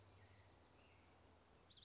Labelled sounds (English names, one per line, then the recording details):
Dark-eyed Junco
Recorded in Sonoma County, California